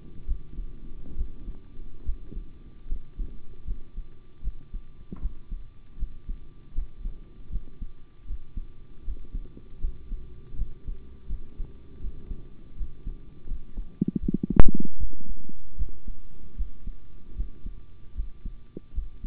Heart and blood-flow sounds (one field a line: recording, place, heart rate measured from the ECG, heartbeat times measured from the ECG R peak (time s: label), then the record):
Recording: heart sounds by stethoscope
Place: between the tricuspid and mitral areas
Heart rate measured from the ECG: 77 bpm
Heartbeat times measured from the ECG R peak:
0.26 s: heartbeat
1.16 s: heartbeat
2.04 s: heartbeat
2.87 s: heartbeat
3.65 s: heartbeat
4.42 s: heartbeat
5.20 s: heartbeat
5.97 s: heartbeat
6.73 s: heartbeat
7.50 s: heartbeat
8.25 s: heartbeat
9.03 s: heartbeat
9.79 s: heartbeat
10.56 s: heartbeat
11.27 s: heartbeat
11.99 s: heartbeat
12.76 s: heartbeat
13.46 s: heartbeat
14.20 s: heartbeat
14.98 s: heartbeat
15.76 s: heartbeat
16.56 s: heartbeat
17.35 s: heartbeat
18.14 s: heartbeat
18.93 s: heartbeat
From the record:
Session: rest, sitting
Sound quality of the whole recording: good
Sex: male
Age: 25 years